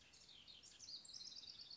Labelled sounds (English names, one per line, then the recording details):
House Wren
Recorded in Sonoma County, California